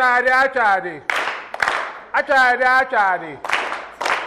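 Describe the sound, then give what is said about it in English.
Voices chant "atade atade" in short melodic phrases, as done in Ghana, alternating with bursts of hand clapping in a steady, repeating rhythm that sounds like a group clapping along. “So in Ghana we do when we say atade atade clap clap.”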